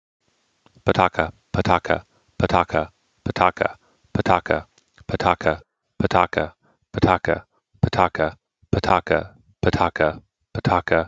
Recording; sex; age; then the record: repeated syllables /pa ta ka/; male; 30 to 39 years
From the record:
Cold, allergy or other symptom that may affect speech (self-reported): no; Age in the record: 39 years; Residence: United States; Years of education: 18